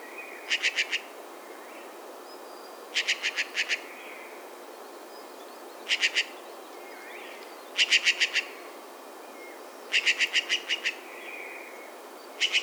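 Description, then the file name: Eurasian jay making short dry clicking bursts of several rapid ticks, repeated every few seconds. "Garrulus glandarius"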